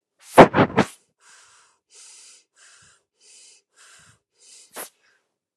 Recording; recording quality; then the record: shallow breathing; excellent, no background noise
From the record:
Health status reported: healthy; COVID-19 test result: negative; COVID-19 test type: RT-PCR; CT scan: not taken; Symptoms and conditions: cough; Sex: female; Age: 47 years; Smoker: no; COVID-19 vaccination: both doses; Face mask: not worn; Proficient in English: yes